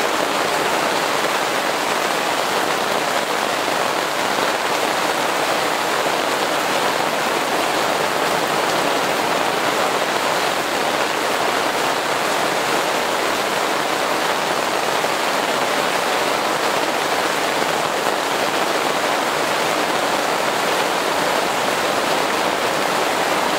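Summer rain falls steadily on a greenhouse roof in a garden, a dense, even hiss of countless drops with no pauses. The sound is bright, holding the same level throughout, with little low rumble and no separate events standing out.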